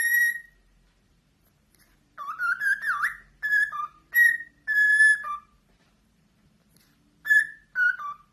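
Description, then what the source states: Cockatiel whistled song, pure ringing whistles, some held and some dropping at the end, in short phrases with pauses between. Several cockatiels singing and whistling.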